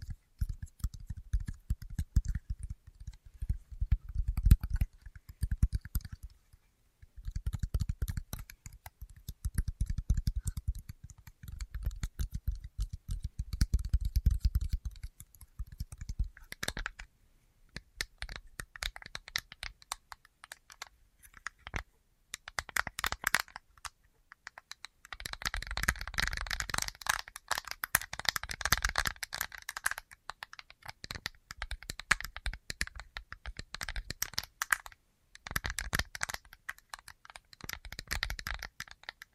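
Tapping in dense, rapid bursts, low and thumpy for the first fifteen seconds, then brighter and clickier after twenty-five seconds, with brief pauses.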